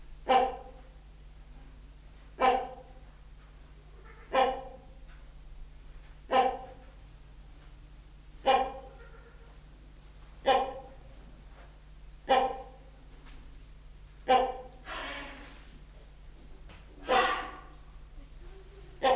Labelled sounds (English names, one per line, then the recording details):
Trumpeter Hornbill
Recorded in captivity
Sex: female
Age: adult
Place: Zoo Berlin, Berlin, DE
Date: 1995-04-01 11:41
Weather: bedeckt - heiter, 6 - 8°C, böiger Wind
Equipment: Marantz CP 430, Sennheiser ME 80, Kopie Uher Variocord 263
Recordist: Tembrock, Günter